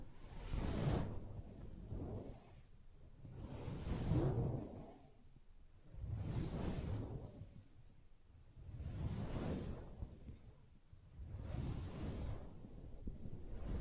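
Soft fabric is rubbed and scratched in slow sweeping passes, each swell rising and fading over about two seconds, with peaks near 1, 4, 7, 9 and 12 seconds. The sound is low and muffled, with a faint hiss and occasional light taps within each pass.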